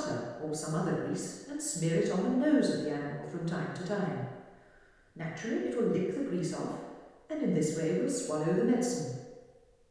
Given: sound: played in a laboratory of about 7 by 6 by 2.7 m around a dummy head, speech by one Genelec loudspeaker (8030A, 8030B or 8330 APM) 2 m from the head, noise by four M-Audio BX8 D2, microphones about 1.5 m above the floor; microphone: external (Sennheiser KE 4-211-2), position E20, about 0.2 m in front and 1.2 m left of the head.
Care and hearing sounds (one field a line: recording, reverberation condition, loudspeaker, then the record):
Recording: female speech in English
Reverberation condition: high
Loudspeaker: 150 degrees to the left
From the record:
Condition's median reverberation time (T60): about 1300 ms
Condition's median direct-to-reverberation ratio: about -4.0 dB